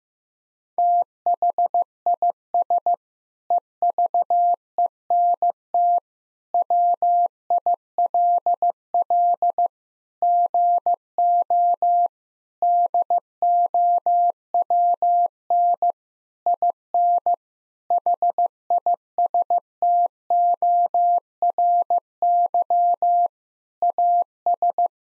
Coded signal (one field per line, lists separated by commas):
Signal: Morse code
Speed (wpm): 15 wpm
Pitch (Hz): 700 Hz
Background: none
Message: THIS EVENT WILL GO DOWN IN HISTORY AS